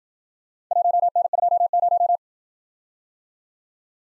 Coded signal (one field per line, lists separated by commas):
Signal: Morse code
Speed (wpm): 52 wpm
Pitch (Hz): 700 Hz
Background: none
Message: 1N20